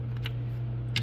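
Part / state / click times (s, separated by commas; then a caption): click-type torque wrench on an intake manifold bolt / torque reached / 1.0 s. A click-type torque wrench tightens the final intake manifold bolt on a 2011 Ford Escape 3.0 during a valve cover gasket job, over a steady low hum with two faint ticks near 0.2 s and 0.3 s. The wrench gives a sharp, loud click at 1.0 s, confirming the bolt has reached its torque setting and is installed.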